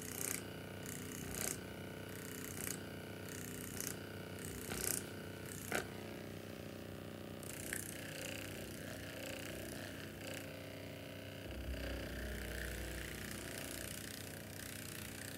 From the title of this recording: Spa full body massage with massager